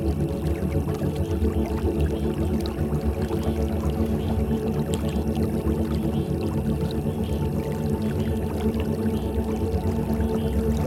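A soundscape built from water sounds: a thick, steady mass of low rumbling and pouring with sustained tones running through it. The level stays constant for the whole stretch, while small bright splashes and clicks flicker on top at irregular moments.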